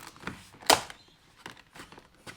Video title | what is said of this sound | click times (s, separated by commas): How To Replace Mercedes ML350 W164 Driver Power Window Switch Module - The Complete Guide | then should be able to just click everything into position. | 0.7 s